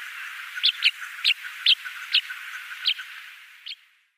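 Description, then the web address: Tawny pipit flight calls, seven brief sharp chirps at uneven intervals over a steady hiss of background noise. "Schulze Peter Tawny Pipit flightcalls"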